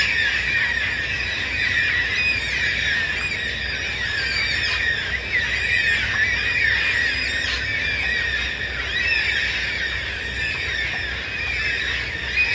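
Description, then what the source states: Yellow-tailed black cockatoos, a massed screaming chorus of rough rising and falling calls, constant and loud with no gaps. Hundreds wheeling overhead at dawn before settling in surrounding bloodwood and blackbutt trees, 14 November, gloomy with rain holding off; calling very loud, about 100 decibels up close.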